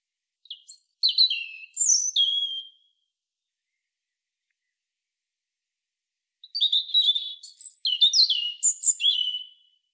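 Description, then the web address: European robin song: two separate phrases of sweet, high, tumbling notes and trills, split by several seconds of silence. The second phrase is longer and denser. "SETE Erithacus rubecula"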